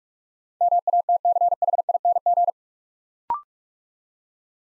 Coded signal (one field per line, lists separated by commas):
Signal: Morse code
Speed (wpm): 44 wpm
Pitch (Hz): 700 Hz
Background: none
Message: MATCHING